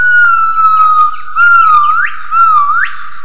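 Gibbon calls: three clear whistled notes, the last two ending in a sharp upward swoop, over a constant high buzz.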